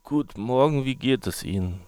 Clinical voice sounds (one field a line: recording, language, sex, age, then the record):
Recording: spoken sentence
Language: German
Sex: male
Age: 30 to 39 years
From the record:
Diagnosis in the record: spasmodic dysphonia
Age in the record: 35 years